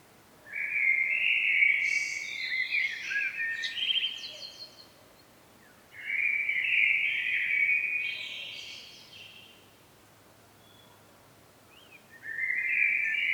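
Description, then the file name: Common blackbird singing three warbled phrases with pauses between, mellow and fluty, the first two ending in thin, squeaky high notes. "Turdus merula"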